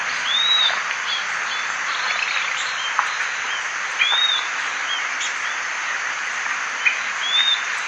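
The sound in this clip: Bird calling with brief high arched whistles, three or four clear notes spaced a few seconds apart, against constant heavy hissing noise.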